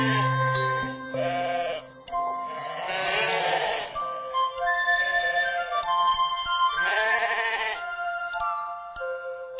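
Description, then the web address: Sheep bleating in a few shaky bursts over steady tonal notes, with a low hum at the start. "Happy Baby series Nature Happy Babies Series-Nature - Sheep"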